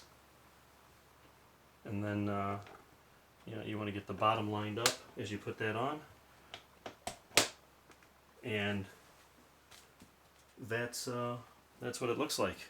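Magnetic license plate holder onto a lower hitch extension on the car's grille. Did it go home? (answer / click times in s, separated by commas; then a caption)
yes / 7.4 s. A magnetic license plate holder is slid onto a lower hitch extension on a car's grille, with its bottom lined up as it goes on, while someone talks. A few light knocks lead into a sharp magnetic snap at 7.4 s, followed by faint ticks. The holder is seated on the hitch.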